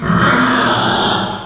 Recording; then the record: squeal of a Yucatan mini pig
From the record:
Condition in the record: after surgery on the right vocal fold (resection and tissue-engineered implant); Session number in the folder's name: 15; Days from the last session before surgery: 175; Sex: female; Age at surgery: 19 weeks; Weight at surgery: 25 kg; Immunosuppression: prednisolone